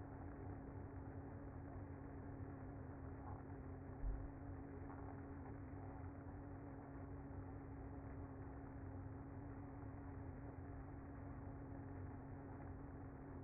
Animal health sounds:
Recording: honeybee colony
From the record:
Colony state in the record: active

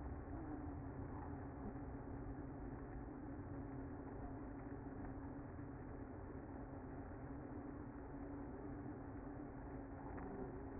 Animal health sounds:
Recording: honeybee colony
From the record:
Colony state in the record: active

